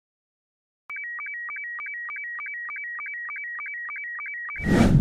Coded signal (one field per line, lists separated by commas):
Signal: SSTV (slow-scan television)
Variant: Robot 72